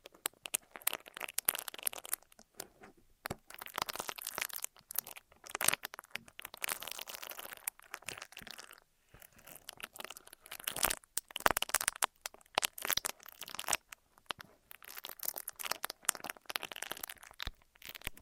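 Ear massage and cleaning sounds: dense, irregular crackling and crinkling rubs, bright and scratchy, with sharp bursts and brief pauses throughout.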